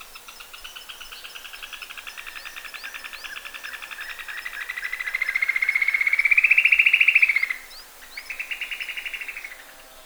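Great xenops delivering a long, fast trill that swells in volume and climbs slightly before cutting off, then a shorter second trill, with some faint high chirps above.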